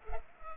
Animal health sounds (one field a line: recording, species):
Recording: mosquito wingbeat signal from an infrared sensor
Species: Culex pipiens